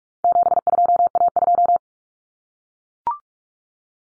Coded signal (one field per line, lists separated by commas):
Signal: Morse code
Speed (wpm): 44 wpm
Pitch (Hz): 700 Hz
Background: none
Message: 72A2